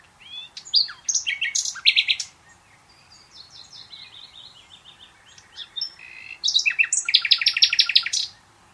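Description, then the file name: Common nightingale singing varied phrases: rapid repeated chirps and buzzy notes, then a quieter run of soft repeated notes in the middle, then a loud burst of fast repeated notes. "Luscinia megarhynchos"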